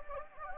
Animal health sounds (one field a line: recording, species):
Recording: mosquito wingbeat signal from an infrared sensor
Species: Anopheles gambiae